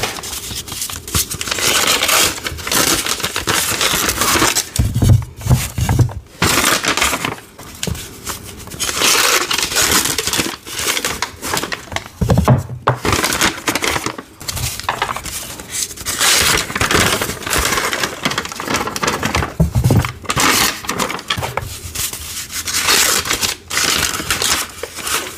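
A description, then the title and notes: Paper is unwrapped from gym chalk blocks in loud, crackling bursts, with crinkling and tearing running almost without pause for the whole stretch. Brief crushing thumps break in now and then, and a few short gaps fall near the 5, 13 and 20 second marks. Unwrapping Gym Chalk ASMR Sounds. Loud ASMR sounds of unwrapping gym chalk blocks, paper unwrapping, and crushing sounds.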